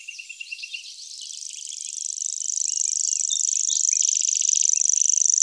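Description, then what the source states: Common grasshopper warbler song: a high, insect-like reel that builds steadily louder, after a few short chirps at the start. Recorded in Germany, Austria and Switzerland.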